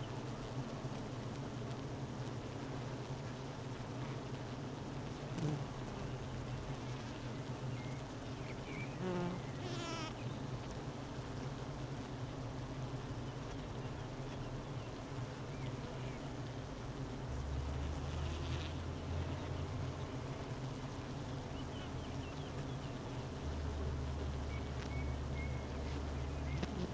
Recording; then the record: honeybee colony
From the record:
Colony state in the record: missing queen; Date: 31 May 2018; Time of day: 12:11